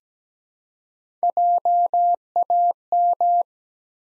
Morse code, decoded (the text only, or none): JAM